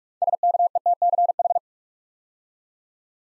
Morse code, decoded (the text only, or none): SKETCH